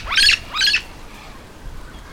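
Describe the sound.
Yellow-shouldered parrot giving two loud, rasping squawks in rapid succession, each rising sharply then breaking off, followed by quiet.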